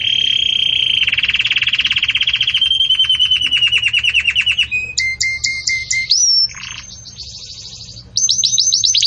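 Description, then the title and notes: Belgian canary song with long rapid rolling trills, then short repeated whistled notes, a softer passage and a bright high trill at the close. Belgian canary in the 'campainha' (bell) song style, meant for training chicks. "Canto Do Canário Belga Campainha Para Encarte De Filhotes. CANARIO"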